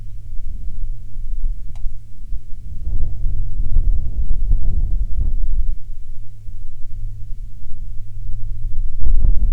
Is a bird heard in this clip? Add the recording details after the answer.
no. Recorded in the Prudhoe Bay oil fields, Alaska, on 30 July 2019 at 13:37. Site 13